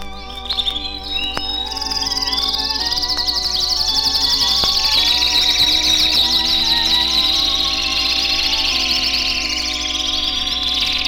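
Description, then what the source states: Domestic canaries open with scattered chirps, then build into a loud sustained chorus of rapid rolling trills over steady background music. A group of old-timer canaries from the master radio canary chorus, perched close together, singing in harmony.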